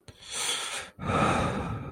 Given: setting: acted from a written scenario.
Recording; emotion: vocal sound without words; desire